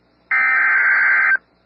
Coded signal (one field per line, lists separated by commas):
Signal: Emergency Alert System (SAME) tones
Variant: header bursts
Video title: PDS Severe Thunderstorm Warning (Hemphill and Roberts Counties, TX) (4/24/25) [EAS #147]